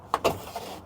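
Pushing the foot pedal on a 2024 Can-Am Defender Texas Edition side-by-side utility vehicle releases its park brake lever with a sharp clunk at 0.1 s as the lever drops free. A second thud and a faint knock follow before the clip settles into quiet, leaving the park brake released.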